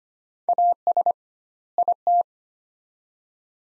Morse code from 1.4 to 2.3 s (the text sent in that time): IT